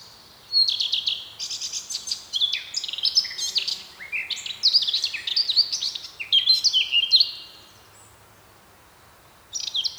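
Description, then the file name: Eurasian blackcap delivering a long, busy warble of scratchy and fluty notes lasting about seven seconds, a pause, then a new phrase starting. "Sylvia atricapilla"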